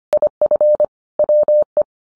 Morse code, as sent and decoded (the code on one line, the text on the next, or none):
.. ..-. / .-- .
IF WE